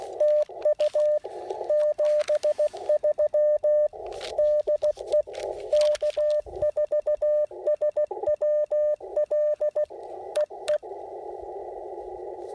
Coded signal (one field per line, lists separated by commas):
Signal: Morse code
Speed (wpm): 16 wpm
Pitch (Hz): 600 Hz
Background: radio noise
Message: TU 73 DE K4SWL EE